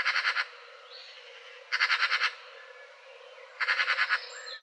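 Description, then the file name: Eurasian magpie giving harsh rattling chatter, three bursts of about six rapid dry notes roughly every two seconds. "Pica pica"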